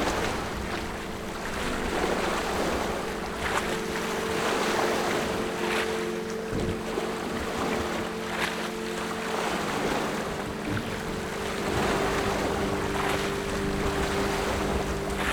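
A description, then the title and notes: Waves splash steadily against a passing boat whose low engine drones throughout, with brief brighter sloshes recurring every couple of seconds. Splashing Waves as the Boat Goes.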